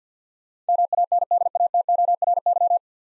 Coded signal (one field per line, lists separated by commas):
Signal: Morse code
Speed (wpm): 49 wpm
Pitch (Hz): 700 Hz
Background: none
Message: MANDATORY